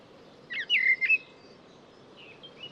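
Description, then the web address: A bird gives one brief phrase of a few quick, slurred whistles, followed by a faint trailing note against a steady hiss. "cianscape birddata Deverinetal 2025 Bird Only Tu Me Tu Me"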